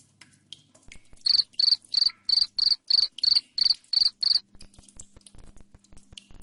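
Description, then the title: Cricket producing a run of about ten shrill, even chirps over three seconds, framed by soft clicking and a low hum. Loud cricket chirping played to make lovebirds sing continuously (ngekek). "Suara JANGKRIK NGERIK Keras Bikin LOVEBIRD Jadi NGEKEK Terus Vubey"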